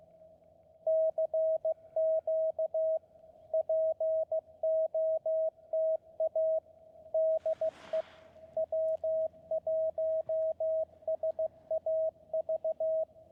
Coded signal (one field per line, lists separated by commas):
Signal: Morse code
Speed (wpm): 15 wpm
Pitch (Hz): 640 Hz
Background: radio noise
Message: CQ POTA DE W1SAV